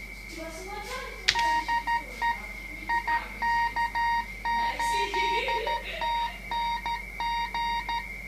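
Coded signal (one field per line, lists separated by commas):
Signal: Morse code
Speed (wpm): 13 wpm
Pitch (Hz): 940 Hz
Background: none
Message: DE IK8TNG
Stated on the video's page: CW generated by an encoder interface connected via CAT to a Kenwood TS-990, using an internal codec without a PC sound card.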